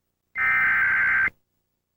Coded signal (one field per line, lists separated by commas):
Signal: Emergency Alert System (SAME) tones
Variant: header bursts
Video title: (Black Text/Red Ticker VDS) WDFX-TV/WXM57 EAS Severe Thunderstorm Warning Activation (May 9, 2006)